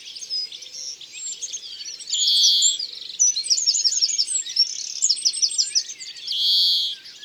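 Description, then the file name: European greenfinch twittering song with two drawn-out buzzy wheezes, one about a third of the way in and one near the end, between lively chirped trills. "Verdier-d Europe-ABC-des-chants-doiseaux"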